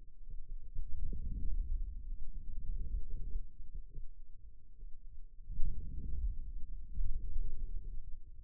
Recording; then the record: forearm muscle sounds (acoustic myography)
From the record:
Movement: outward rotation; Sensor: system 2, bracelet of six BSWA MPA416 microphones around the upper forearm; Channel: 6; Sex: male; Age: 22 years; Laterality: right